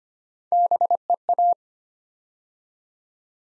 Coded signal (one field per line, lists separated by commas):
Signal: Morse code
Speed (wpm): 25 wpm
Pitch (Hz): 700 Hz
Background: none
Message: BEA